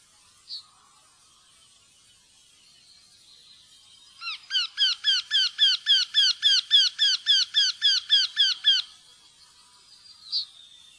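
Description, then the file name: Eurasian wryneck calling: after a quiet start with one faint note, a nasal, ringing series of about sixteen evenly spaced notes runs for about four and a half seconds, then stops abruptly, followed by a single faint note. "vendehals"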